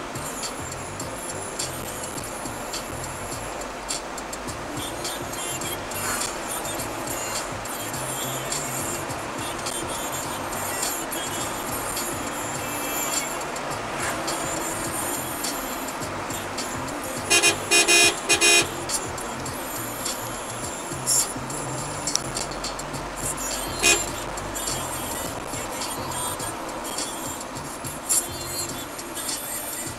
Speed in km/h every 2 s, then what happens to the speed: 55, 56, 61, 68, 72, 74, 76, 73, 66, 59, 51, 50, 51, 44, 25.
0-13 speeds up to 76. 13-30 slows to 25.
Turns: none.